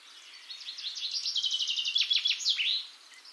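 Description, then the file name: Eurasian wren song: a quick, high, rattling trill of repeated notes that breaks off after about two seconds. "Troglodytes troglodytes"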